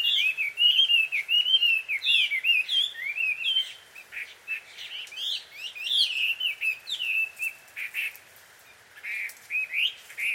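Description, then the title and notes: Birds chirping and squawking in lively, jerky bursts of slurred squeaky notes, with a short quiet gap before harsher calls resume. Bird pair quarrelling at dusk in Takao, Japan. "鳥の夫婦喧嘩 – Birds Quarrel At Dusk. Recorded in Takao Japan"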